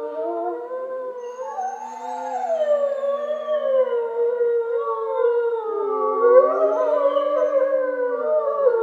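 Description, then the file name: Wolf: wolves howling as a group, overlapping drawn-out tones that waver, dip and rise again, one voice climbing higher toward the end. Several wolves, Schorfheide, Germany, 29 October 2015. "Wölfe Schorfheide"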